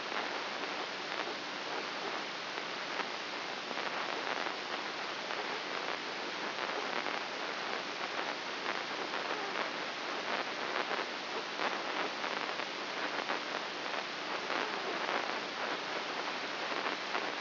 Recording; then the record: brain microelectrode recording played as sound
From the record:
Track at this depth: inside the subthalamic nucleus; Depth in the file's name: 5.44 mm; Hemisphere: right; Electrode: 2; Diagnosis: Parkinson's disease